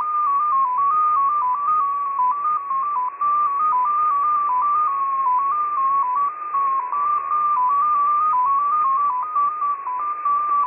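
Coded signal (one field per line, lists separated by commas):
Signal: multi-tone FSK (Olivia or MFSK type)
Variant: XPA2 14-tone MFSK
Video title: XPA2 on 10921 kHz USB January 31, 2021 12:00 UTC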